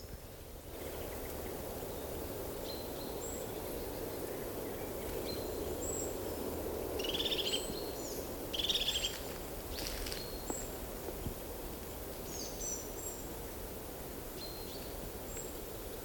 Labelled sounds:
European Crested Tit
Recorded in the wild
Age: adult
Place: Treuchtlingen, Heumöderntal, Bayern, DE
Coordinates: 48.96, 10.91
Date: 1993-09-07 17:54
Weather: 20 °C, wolkig
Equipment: Marantz CP 430, Sennheiser MKH 416 T, Kopie Uher Variocord 263
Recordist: Tembrock, Günter

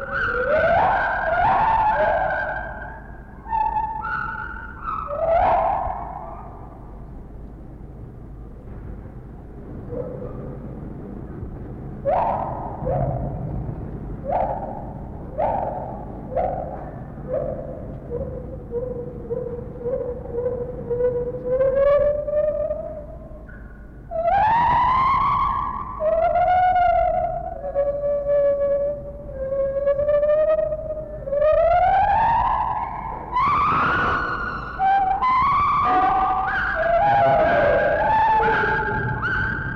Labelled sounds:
Lar Gibbon
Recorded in captivity
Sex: pair
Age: adult
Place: Zoo Berlin, Berlin, DE
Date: 1961-02-25 14:00
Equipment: Minifon, Kopie Smaragd
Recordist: Tembrock, Günter

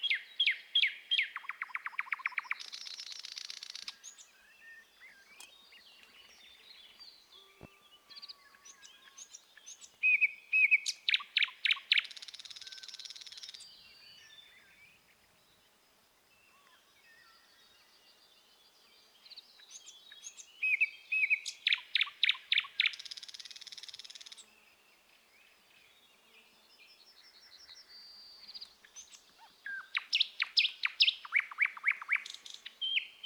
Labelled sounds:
Thrush Nightingale song
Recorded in the wild
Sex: male
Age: adult
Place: Wizna, Lomzynski Park Krajobrazowy Doliny Narwi, Podlaskie Voivodeship, PL
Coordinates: 53.1844, 22.4117
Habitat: shrubland
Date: 2016-05-27 09:10
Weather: clear sky, light breeze
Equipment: Marantz PMD660 recorder, Sennheiser ME67 directional microphone
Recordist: Souriau, Abel

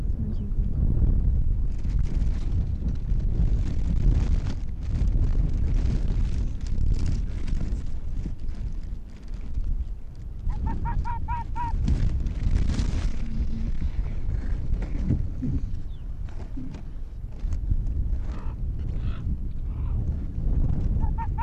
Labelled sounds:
Arctic Fox
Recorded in the wild
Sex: male
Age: adult
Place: Insel Mednyi, Kommandeur-Inseln, RU
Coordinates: 54.5167, 168.083
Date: 1999-08-10
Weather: 10°C, hervorragende Sicht, Westwind
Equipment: Sony WM-D6C, Sennheiser ME 80, K 30 AV, Windkorb, Kopie Tascam DA 30
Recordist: Jakupi, Antje

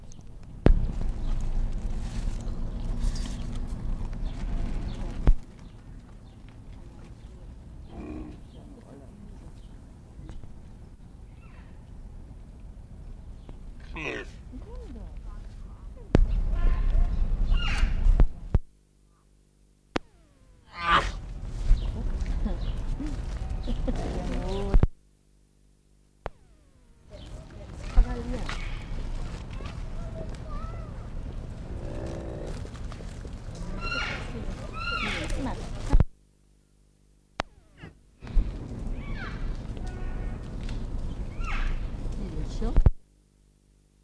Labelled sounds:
Bactrian Camel call
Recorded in captivity
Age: juvenile
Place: Zoo Berlin, Berlin, DE
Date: 1959-07-04 15:00
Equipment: Reporter (Vollspur)
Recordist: Tembrock, Günter

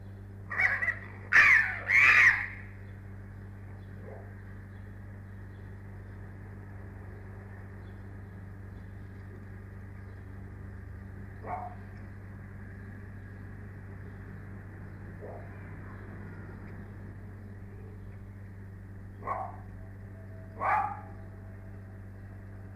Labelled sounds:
Arctic Fox
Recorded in captivity
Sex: pair
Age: adult
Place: Zoologisches Institut der HUB, Berlin, DE
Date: 1958-03-29 16:50
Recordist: Tembrock, Günter

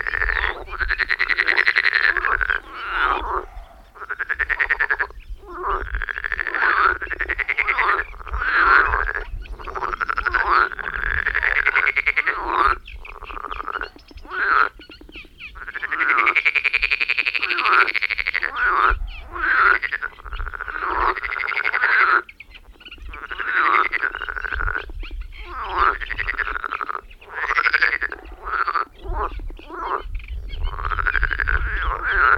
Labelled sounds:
Marsh Frog call
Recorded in the wild
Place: Anklam, Mecklenburg-Vorpommern, DE
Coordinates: 53.812, 13.861
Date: 1980-05-25 18:15
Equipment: Nagra III BH, Sennheiser MD 21, parabola
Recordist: Schubert, Michael

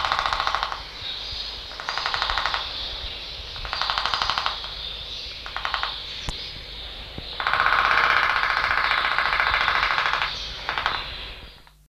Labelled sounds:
White-throated Toucan call
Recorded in captivity
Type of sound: call
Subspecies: cuvieri
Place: Ruhr-Zoo Gelsenkirchen, Nordrhein-Westfalen, DE
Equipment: Halbspur, 9,5 cm/s
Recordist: Lütgens, Hans
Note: Rufe

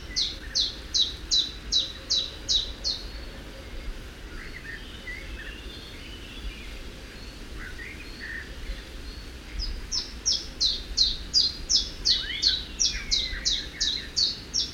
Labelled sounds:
Common Chiffchaff song
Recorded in the wild
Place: Ciucurova, Dobrogea, RO
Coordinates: 44.933, 28.483
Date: 1976-05-29
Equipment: Nagra III BH, Sennheiser MD 21, parabola
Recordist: Schubert, Michael
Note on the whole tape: Gesang Zilpzalp, viel Blätterrauschen

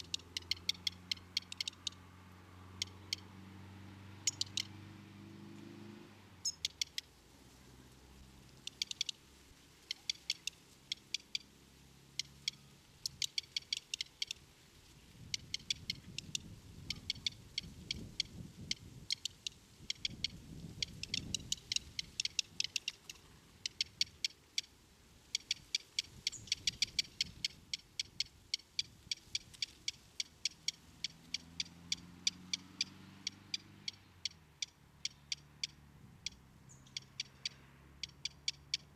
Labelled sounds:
Black Redstart begging call
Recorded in the wild
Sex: diverse
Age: juvenile
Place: Kaiserslautern, Rheinland-Pfalz, DE
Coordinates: 49.4247, 7.77889
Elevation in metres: 279
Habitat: garden
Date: 1976-08-01
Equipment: Nagra IV, Sennheiser MKH 405, Parabolreflektor
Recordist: Tretzel, Erwin

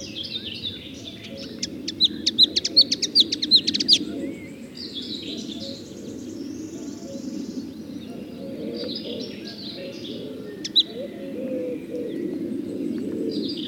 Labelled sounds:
Marsh Warbler song
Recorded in the wild
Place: Glowe, Insel Rügen, Mecklenburg-Vorpommern, DE
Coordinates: 54.574, 13.433
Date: 1977-06-03
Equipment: Nagra III BH, Sennheiser MD 21, parabola
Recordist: Schubert, Michael

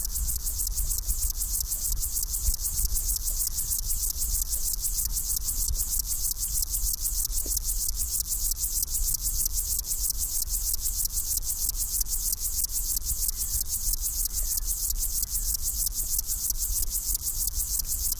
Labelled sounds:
Upland Field Grasshopper stridulation
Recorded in the wild
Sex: male
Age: imago
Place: Mühlenbeck, Brandenburg, DE
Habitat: Feuchtbiotop
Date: 1997-08-03 13:52
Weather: 24°C, heiter
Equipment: Sony MD-WM MZ-R3, Sennheiser ME 80, K 30 AV, Kopie Uher 4000 Report Monitor
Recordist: Tembrock, Günter
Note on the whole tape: Einzelnes Männchen: Stridulation anfangs in Wolkenschatten, später in Sonne

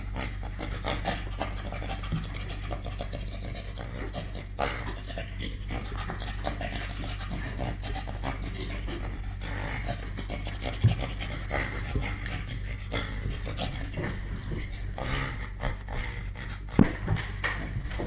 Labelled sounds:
Western Gorilla
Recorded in captivity
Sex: male
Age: juvenile
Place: Zoo Berlin, Berlin, DE
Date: 1958-05-09 12:30
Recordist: Tembrock, Günter

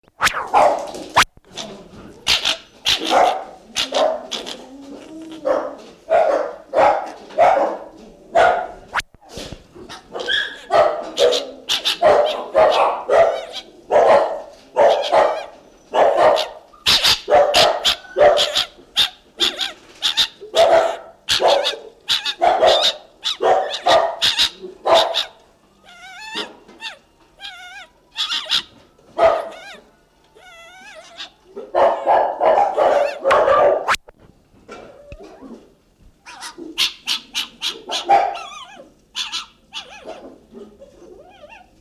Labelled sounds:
Fennec Fox
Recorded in captivity
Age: adult
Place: Tierpark Berlin, Berlin, DE
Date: 1969-03-22 10:00
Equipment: Uher 4200 Report Stereo, Sennheiser MD 421, Verstärker 1, Doppelspuraufnahme
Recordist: Tembrock, Günter

